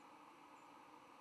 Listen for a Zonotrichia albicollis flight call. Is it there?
yes